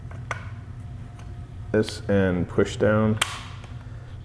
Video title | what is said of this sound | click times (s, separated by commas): 2020 BMW R 1250 RS Detailed Walk Around | Okay, that clicks in place. | 0.3 s